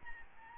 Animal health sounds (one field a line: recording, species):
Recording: mosquito wingbeat signal from an infrared sensor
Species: Aedes albopictus